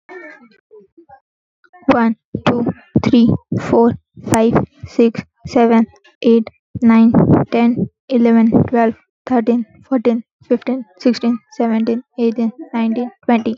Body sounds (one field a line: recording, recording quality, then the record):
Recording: counting at a normal pace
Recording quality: excellent, no background noise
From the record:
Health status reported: healthy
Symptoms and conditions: none ticked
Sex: female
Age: 22 years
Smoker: not ticked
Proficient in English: yes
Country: India